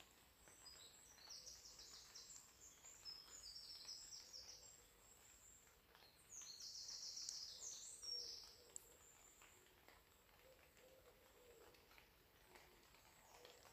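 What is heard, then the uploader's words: Water drips from the trees in a quiet wood after rain, with soft, scattered ticks falling irregularly throughout. A thin, high chirring of distant birds runs continuously behind them, swelling briefly around the middle before settling back to a hush. After The Rain In Bishop Wood. The woods were warm and saturated. The dripping water was falling from the trees where I first paused to listen to the silence near to a group of Oaks.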